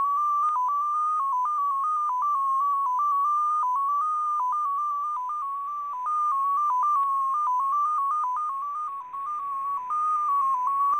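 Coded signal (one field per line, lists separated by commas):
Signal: numbers station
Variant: XPA2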